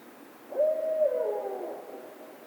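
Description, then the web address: Barred owl giving a single low hoot that starts abruptly, holds level, then breaks into a wavering, slightly falling drawl, over quiet background. Recorded 16 March 2010. "Barred Owl 2010 03 16"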